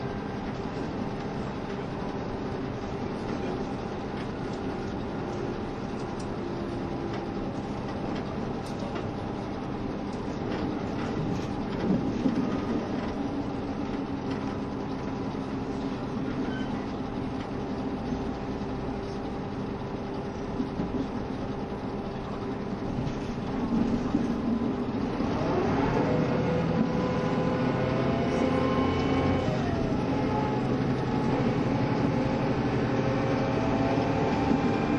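Running sound from inside a KiHa 72 series Yufuin no Mori diesel train travelling toward Hakata. A steady, dense low rumble and engine drone hold throughout, with faint clicks and rattles. From about 25 seconds the sound grows louder, and a rising engine tone swells.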